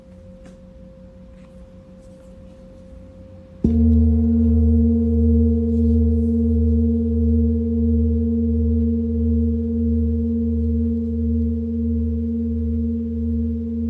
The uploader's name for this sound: Tibetan Singiing Bowl